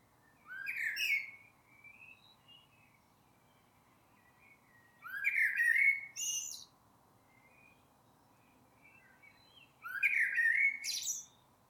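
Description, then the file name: Eurasian blackbird song: three short fluty phrases, each ending in a thin high squeak, spaced roughly every four to five seconds with quiet gaps between. "Turdus merula"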